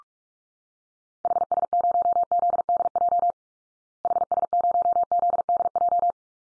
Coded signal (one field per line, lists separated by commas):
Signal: Morse code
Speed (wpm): 44 wpm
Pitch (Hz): 700 Hz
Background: none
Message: HS0ZDJ HS0ZDJ